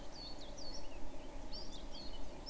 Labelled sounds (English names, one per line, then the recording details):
Eurasian Blackcap
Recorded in Germany
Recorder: ecoPi